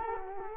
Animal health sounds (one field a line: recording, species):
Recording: mosquito wingbeat signal from an infrared sensor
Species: Culex quinquefasciatus